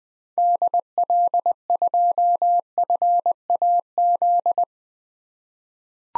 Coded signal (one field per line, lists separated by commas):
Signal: Morse code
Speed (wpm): 20 wpm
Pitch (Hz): 700 Hz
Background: none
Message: DL2FAZ